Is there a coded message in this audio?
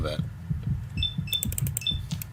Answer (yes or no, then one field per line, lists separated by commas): no